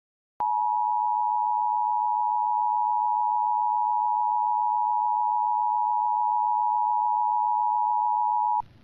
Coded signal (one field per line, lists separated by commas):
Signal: Emergency Alert System (SAME) tones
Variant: 853 and 960 Hz attention tone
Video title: MeTV Toons May 26th, 2025 EAS in Lake Dallas, TX during The Wacky World of Tex Avery